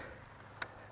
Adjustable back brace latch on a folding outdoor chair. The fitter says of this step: it clicks into the next place and